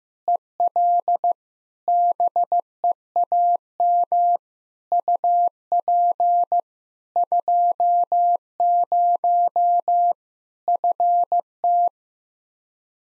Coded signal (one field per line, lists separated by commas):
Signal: Morse code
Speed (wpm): 16 wpm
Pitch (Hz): 700 Hz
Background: none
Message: EL BEAM UP 20 FT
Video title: Practice QSO - Exchange 2- Info - 15wpm